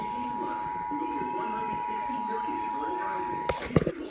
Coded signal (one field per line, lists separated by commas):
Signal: Emergency Alert System (SAME) tones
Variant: 853 and 960 Hz attention tone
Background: speech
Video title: Flash Flood Warning EAS #59